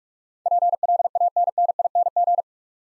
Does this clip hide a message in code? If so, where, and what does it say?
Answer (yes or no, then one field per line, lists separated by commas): yes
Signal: Morse code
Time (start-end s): 0.5-2.4 s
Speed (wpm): 44 wpm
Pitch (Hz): 700 Hz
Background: none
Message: PLANNING